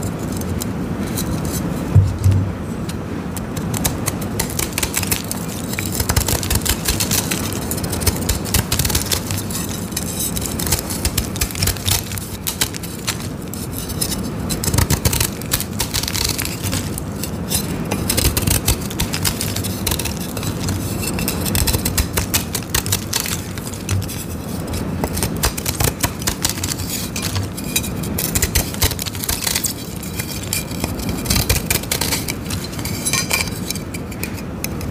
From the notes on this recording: shaving dyed gym chalk covered in glitter, making gym chalk thins sandwich, and crushing gym chalk shards